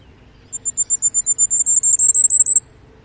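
Bird giving a fast run of many very high, thin piping notes over about two seconds, the later notes dipping slightly.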